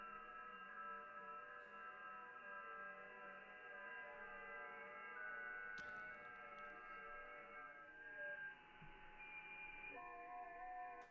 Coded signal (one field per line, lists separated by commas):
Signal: FT8